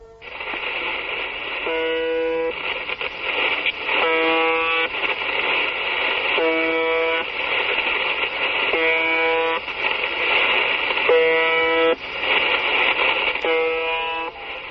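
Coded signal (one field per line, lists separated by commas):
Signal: channel marker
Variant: UVB-76 (The Buzzer)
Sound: six short harsh buzzes, about 25 per minute, over steady hiss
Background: radio static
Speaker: Pues podría ser el clon de un camión, la sidena de un barco, pero no se llama o se llamaba UVB76. Desde 1982 en que fue detectado, eh, esta estación rusa soviética empezó siendo de onda corta emitía 25 pulsos como el que hemos oído todas las todos los minutos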